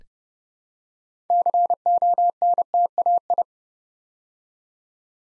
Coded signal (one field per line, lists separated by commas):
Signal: Morse code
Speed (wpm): 29 wpm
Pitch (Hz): 700 Hz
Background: none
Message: CONTAI